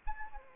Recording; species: mosquito wingbeat signal from an infrared sensor; Anopheles arabiensis